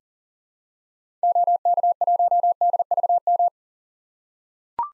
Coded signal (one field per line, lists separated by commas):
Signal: Morse code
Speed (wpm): 40 wpm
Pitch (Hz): 700 Hz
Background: none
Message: OK1DVM